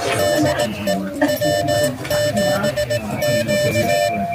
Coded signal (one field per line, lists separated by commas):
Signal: Morse code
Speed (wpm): 18 wpm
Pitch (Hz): 2950 Hz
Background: speech, music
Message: DE W7Q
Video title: W7Q Field Day 2024